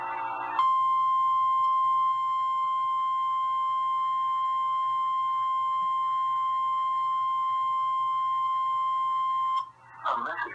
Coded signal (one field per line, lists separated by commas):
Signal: Emergency Alert System (SAME) tones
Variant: 1050 Hz attention tone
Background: speech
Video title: EAS #1560 - MY FIRST ICE STORM WARNING on WXK42 12-24-2016